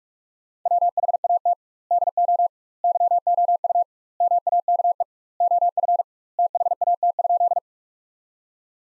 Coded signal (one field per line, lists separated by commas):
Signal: Morse code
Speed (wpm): 45 wpm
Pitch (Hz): 700 Hz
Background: none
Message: WHAT DO YOU MAKE OF THAT?